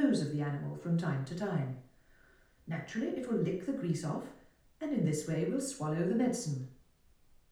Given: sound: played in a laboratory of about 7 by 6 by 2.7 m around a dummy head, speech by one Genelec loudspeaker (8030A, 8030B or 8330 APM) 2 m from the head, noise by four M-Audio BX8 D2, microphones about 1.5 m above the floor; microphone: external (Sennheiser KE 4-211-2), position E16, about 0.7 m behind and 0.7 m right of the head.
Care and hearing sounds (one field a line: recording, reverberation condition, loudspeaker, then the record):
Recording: female speech in English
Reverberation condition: medium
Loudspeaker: in front (0 degrees)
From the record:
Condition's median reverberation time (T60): about 510 ms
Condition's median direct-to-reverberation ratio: about -0.5 dB